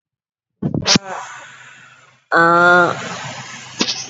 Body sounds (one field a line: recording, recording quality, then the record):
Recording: sustained vowel as in made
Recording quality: moderate, slight background noise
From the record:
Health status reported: COVID-19 positive, mild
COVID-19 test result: positive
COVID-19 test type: RT-PCR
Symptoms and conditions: cough, cold, sore throat, fever, fatigue, muscle pain, another condition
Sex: female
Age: 32 years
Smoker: no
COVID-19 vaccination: both doses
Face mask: not worn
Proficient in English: yes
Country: India